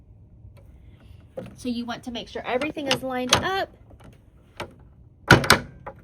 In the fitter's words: and it will snap right in.